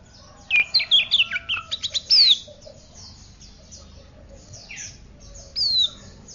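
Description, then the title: Oriental magpie-robin singing a quick run of descending whistled notes, then quiet, then one clear falling whistle near the end, over constant high background hiss. "Kacer"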